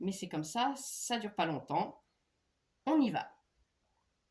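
A prefilled Cimzia autoinjector pen is handled and about to be pressed against the skin to start a biotherapy injection. Someone talks from about 0.0 to 2.0 s and again around 2.9 to 3.4 s, with quiet in between and after. The pen's plunger mechanism has not clicked yet.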